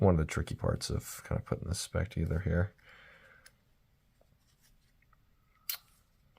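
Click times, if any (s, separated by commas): 5.7 s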